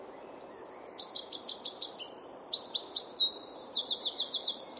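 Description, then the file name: Eurasian wren song starting after a brief quiet moment, a rapid run of shrill trills and staccato notes continuing to the end. "Troglodytes troglodytes"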